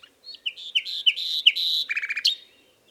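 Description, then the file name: Common nightingale singing one rich phrase: several sharp notes with buzzy stretches, then a quick run of lower rattling notes ending on a bright high note. "Luscinia megarhynchos"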